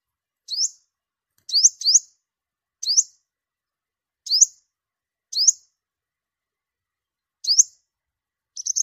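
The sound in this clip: Sunbird uttering single high, sharply rising notes, roughly one each second with a few longer gaps, in otherwise quiet surroundings.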